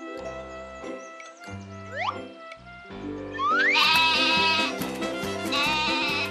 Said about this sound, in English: Hi, Goat. Can I make up a poem for you? The goat says, in its very special way, meh, meh.